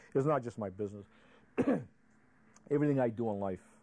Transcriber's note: clears throat